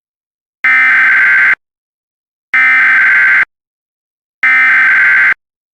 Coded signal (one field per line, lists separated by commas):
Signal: Emergency Alert System (SAME) tones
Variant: header bursts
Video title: Everybody's Fear (An EAS scenario) Part 1